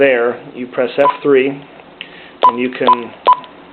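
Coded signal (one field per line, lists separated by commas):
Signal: none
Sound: radio's keypress beeps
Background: speech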